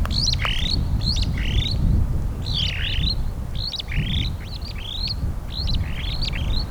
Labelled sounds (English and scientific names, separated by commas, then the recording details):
Superb Starling (Lamprotornis superbus) flight call
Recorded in Kenya